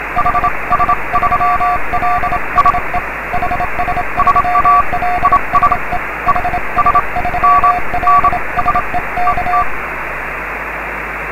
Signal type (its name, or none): Morse code